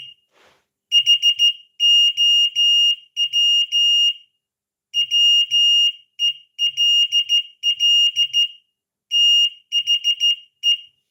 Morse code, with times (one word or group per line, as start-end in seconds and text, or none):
0.9-4.1 HOW
5.0-8.5 WELL
9.1-10.7 THE